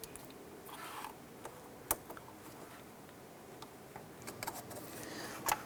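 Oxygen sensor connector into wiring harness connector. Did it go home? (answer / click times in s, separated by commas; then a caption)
no / none. A hand handles the plastic electrical connector of an oxygen sensor, bringing it to the wiring harness connector on a 2005–2007 Ford Five Hundred during a front engine mount replacement. Faint handling noise runs under short, sharp ticks near 0.0, 1.9, 4.4, 4.5 and 5.5 seconds, the loudest at 1.9 seconds. Nothing has seated or clicked yet.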